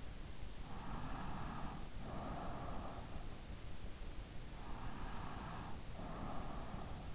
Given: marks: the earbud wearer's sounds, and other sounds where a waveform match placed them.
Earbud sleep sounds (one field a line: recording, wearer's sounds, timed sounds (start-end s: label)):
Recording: sounds in sleep by an in-ear microphone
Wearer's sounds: breath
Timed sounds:
0.75-3.37 s: breath
4.70-7.15 s: breath